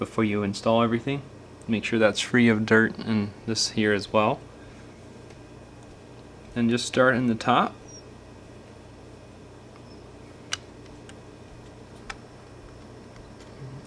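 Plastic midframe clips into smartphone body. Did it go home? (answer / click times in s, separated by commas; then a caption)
yes / 10.5 s, 12.1 s. Someone talks while reassembling a Galaxy Note 3 smartphone, then presses the plastic midframe onto the phone body starting at the top. Its plastic clips give sharp, short clicks at 10.5 s and 12.1 s as they snap into place, and the midframe is seated.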